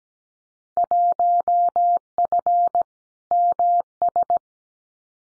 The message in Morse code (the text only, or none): 1F MS